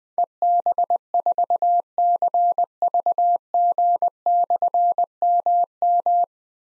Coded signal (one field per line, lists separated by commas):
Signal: Morse code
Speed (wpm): 20 wpm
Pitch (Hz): 700 Hz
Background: none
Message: EB4CVG/MM